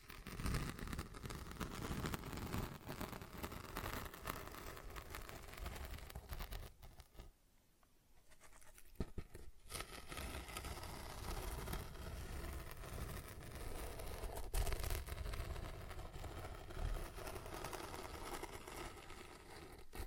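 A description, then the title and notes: Dense, busy tapping and scratching fills the clip with crisp clicks and rustles, dropping into a brief near-quiet lull around seven to nine seconds. ASMR Tapping, Scratching & Zipper Sounds.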